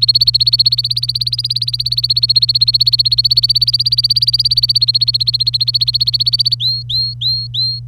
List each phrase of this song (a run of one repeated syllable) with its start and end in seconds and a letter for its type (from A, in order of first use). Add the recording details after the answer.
0.00-6.55 A, 6.60-7.79 B. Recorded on 25 April 2018 at 09:16. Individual llb3